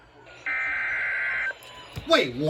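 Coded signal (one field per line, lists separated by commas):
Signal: Emergency Alert System (SAME) tones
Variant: header bursts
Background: speech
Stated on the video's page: Marine alerts, a severe thunderstorm warning and a weekly test.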